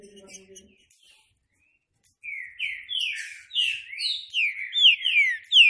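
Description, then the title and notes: Green-winged saltator song: after brief low sounds and a short silence, a series of strong, sweet whistled notes, each gliding down, grows louder. Classic song style (canto clássico), used for training. "Canto Clássico Trinca Ferro TREINAMENTO. trinca fero"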